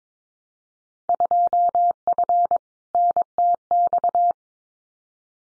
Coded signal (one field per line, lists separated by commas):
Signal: Morse code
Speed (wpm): 22 wpm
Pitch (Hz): 700 Hz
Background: none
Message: 2F NTX